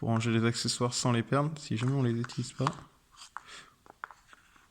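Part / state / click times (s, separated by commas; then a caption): accessory storage tray into figurine chair base / seated / 3.4 s, 4.0 s. Someone talks for the first three seconds while a small accessory storage tray for a Sentinel Roy Mustang resin or plastic figurine is pressed into the figurine's chair base. Sharp clicks at 3.4 s and 4.0 s, with a few fainter ticks after, mark the tray clipping firmly into place.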